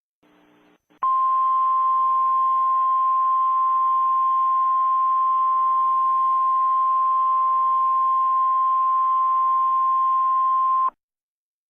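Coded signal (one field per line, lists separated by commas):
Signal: Emergency Alert System (SAME) tones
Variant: 1050 Hz attention tone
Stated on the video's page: Mock (simulated) EAS alert.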